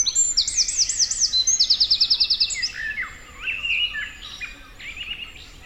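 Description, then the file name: Eurasian wren song: fast, high, rattling trills run together for about two and a half seconds, then fade into softer warbled notes. "Troglodytes troglodytes"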